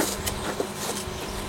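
A guide-rail tab is slid into its housing in the roller shutter box of a Mono ID2 autonomous solar roller shutter (pre-April 2018 model), lined up before being pushed home. Only soft, steady handling noise with a faint low hum is heard, with no distinct impact. Nothing has clicked or seated yet.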